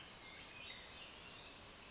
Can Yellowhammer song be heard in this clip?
no